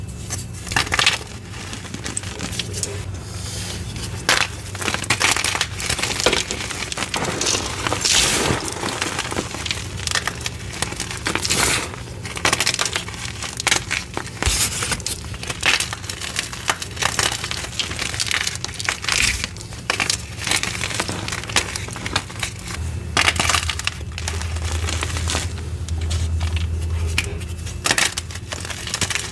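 Gym chalk being crushed with baby oil gives a steady stream of dense, bright crackles and crunches running the whole time, with frequent sharper pops scattered throughout. A low hum sits underneath, swelling slightly around 23 to 27 seconds.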